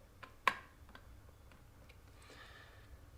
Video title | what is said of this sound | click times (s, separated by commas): How to Install a 5816 Door Sensor | pull down until you hear it click once | 0.5 s